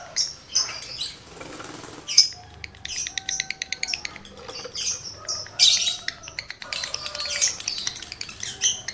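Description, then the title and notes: Lovebird chatter: rapid clicking runs and shrill squeaky bursts with a brief hiss early on, continuing irregularly throughout. Male lovebird in breeding condition, singing; used to stimulate other lovebirds into singing. "Birahi Lovebird Jantan ke Gacor. Pancingan Suara Lovebird jantan birahi ini sangat manjur untuk burung Lovebird Anda"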